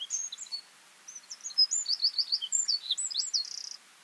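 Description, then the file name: Eurasian wren song: brief high notes followed by a rapid, shrill phrase of sweeping chirps closing with a buzzy trill. "Troglodytes troglodytes"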